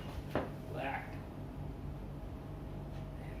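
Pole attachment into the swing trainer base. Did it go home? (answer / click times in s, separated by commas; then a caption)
yes / 0.3 s. A pole attachment is fitted into the base of a portable swing trainer station and pops into its mount with a single sharp hit at 0.4 s, seating in place. Someone talks over a low steady background hum.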